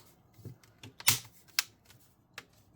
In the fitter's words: Okay, click this all back into place, just like that, going across.